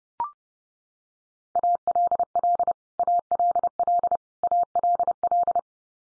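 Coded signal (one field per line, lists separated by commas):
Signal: Morse code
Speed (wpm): 30 wpm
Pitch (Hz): 700 Hz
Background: none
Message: ALL ALL ALL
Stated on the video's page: Morse practice drill of the 100 most common English words at 30 wpm, each sent three times, spoken, then sent again.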